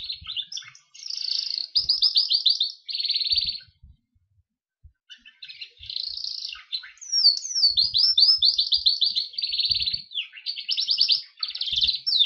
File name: canary gloster sings